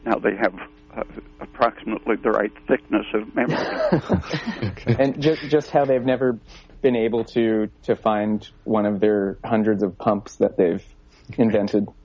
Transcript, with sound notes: Now they have approximately the right thickness of membrane. - (laughing) And just how they've never been able to find one of their hundreds of pumps that they've invented.